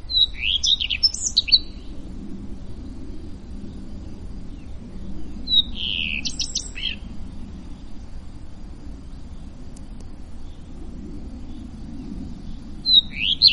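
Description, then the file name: Common redstart repeating short high songs at intervals of several seconds, each a whistle leading into scratchy twittering, over a low continuous rumble. Around 27 May 2016. "Rougequeue a front blanc Vers 27-05-2016"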